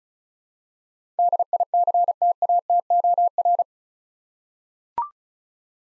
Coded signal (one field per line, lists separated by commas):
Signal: Morse code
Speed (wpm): 36 wpm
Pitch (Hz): 700 Hz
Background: none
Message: DICTATOR